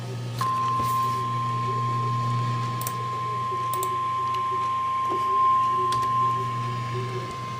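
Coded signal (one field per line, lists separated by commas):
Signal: Emergency Alert System (SAME) tones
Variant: 1050 Hz attention tone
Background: speech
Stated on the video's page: Tornado Watch alert, a particularly dangerous situation watch.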